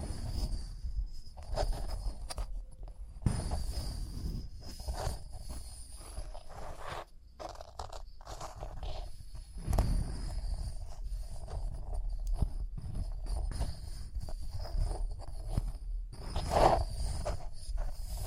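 Rhinestones are tapped, scratched and brushed in a busy, uneven run of small clicks and scrapes with a low rumble beneath. Louder bursts come near 3.5, 10 and 16.5 seconds, with a brief dip around 7 seconds. A thin, steady high whine runs throughout.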